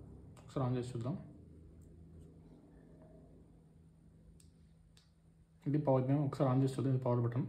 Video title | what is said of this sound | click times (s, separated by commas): నా First MOTOVLOG. GOPRO Ready | press చేస్తే మనకి లాక్ అవుతుంది ఒకసారి | 0.4 s